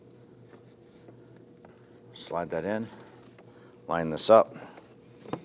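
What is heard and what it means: Someone talks while lining up the plastic front cover of the battery box on its mounting clips on a 2009-2017 Volvo XC60, sliding it into place to be snapped on. Brief faint ticks occur at about 0.1, 1.7 and 5.3 s, but the cover has not clicked or seated yet.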